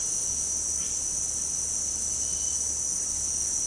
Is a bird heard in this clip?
yes